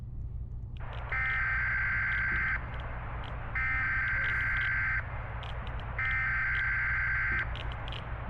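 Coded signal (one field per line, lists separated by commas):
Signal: Emergency Alert System (SAME) tones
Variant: header bursts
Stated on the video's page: Simulated EAS scenario alert for a meltdown.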